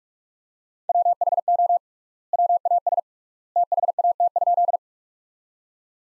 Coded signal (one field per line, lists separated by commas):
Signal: Morse code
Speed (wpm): 46 wpm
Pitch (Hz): 700 Hz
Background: none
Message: WHO WAS THAT?